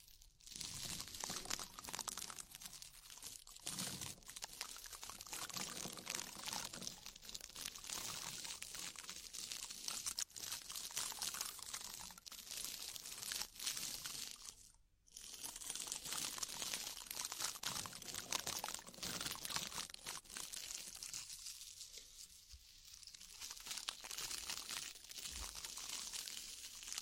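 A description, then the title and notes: Slick, crinkly rubbing sounds of a body oil massage fill the clip, dense and bright, with constant wet hiss and crackle like bubbles. The texture stays busy throughout, broken by a brief silence near fifteen seconds and a softer patch around twenty-two seconds. Body oil massage and bubble bath.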